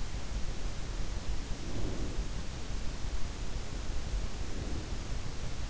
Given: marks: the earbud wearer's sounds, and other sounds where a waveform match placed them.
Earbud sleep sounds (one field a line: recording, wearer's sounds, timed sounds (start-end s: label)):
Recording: sounds in sleep by an in-ear microphone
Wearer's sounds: breath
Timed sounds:
1.42-2.49 s: breath
4.01-5.27 s: breath